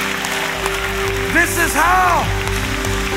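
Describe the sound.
An audience claps steadily to thank God for His word during worship, a dense crackling patter of many hands that continues throughout, with voices rising and calling out over the applause.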